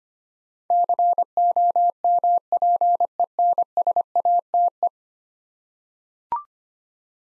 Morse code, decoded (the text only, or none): COMPENSATE